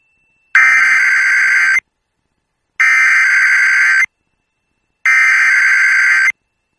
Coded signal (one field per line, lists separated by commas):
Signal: Emergency Alert System (SAME) tones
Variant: header bursts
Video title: EAS Winter Storm Warning James River Valley/Eastern North Dakota NOAA Weather Radio WXL81